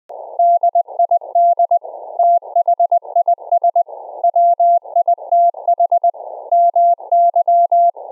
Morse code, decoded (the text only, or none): DID THIS WITH MY